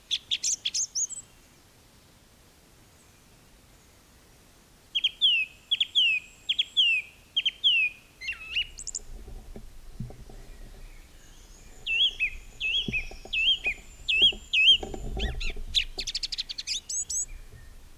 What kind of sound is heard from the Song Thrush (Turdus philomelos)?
song